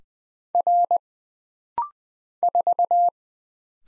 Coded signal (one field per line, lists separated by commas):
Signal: Morse code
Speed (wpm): 20 wpm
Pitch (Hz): 700 Hz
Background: none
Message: R 4